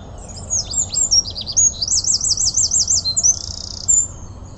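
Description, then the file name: Eurasian wren song: high, rapid twittering notes leading into a fast rolling trill and a dry buzzy rattle, all in a few seconds. "Troglodytes troglodytes"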